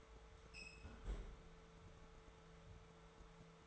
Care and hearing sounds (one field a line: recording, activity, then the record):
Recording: daily activity, microphone in the room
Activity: close fridge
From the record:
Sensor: 3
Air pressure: 1014.9 hPa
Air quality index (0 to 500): 199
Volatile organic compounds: 28 ppm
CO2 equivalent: 2911 ppm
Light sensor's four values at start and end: 10/26/10/10 and 10/25/10/10